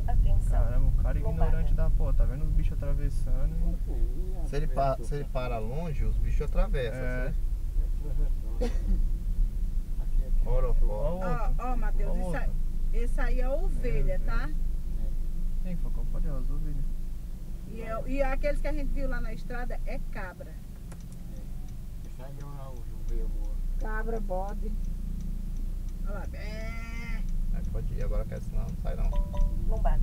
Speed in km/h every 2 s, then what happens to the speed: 13, 7, 7, 7, 7, 5, 4, 3, 1, 0, 0, 0, 3, 5, 8.
0-2 slows to 7. 2-15 steady at about 7. 15-23 standing. 23-30 pulls away to 8.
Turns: none.